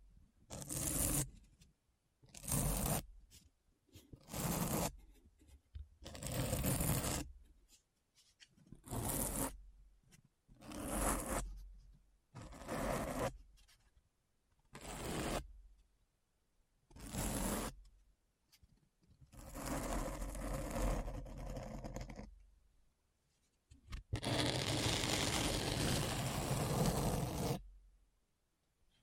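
Scratching comes in short rough bursts, each about a second long, broken by clear silences at a fairly regular pace. The strokes sound dry and hissy across lows and highs, and near the end they stretch into two longer, steadier passes lasting several seconds.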